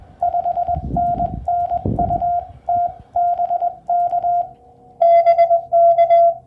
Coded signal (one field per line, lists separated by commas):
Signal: Morse code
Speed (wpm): 20 wpm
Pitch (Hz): 700 Hz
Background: radio noise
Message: 5NN UT BK BK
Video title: CW POTA-Activation US-3062